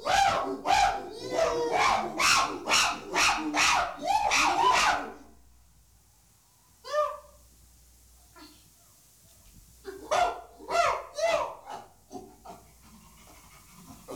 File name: Animal Chimpanzees